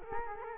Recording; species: mosquito wingbeat signal from an infrared sensor; Culex quinquefasciatus